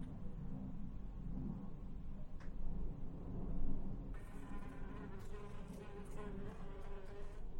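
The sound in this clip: Fly: low rumbling background, then a fly's droning buzz starts about halfway through and continues to the end.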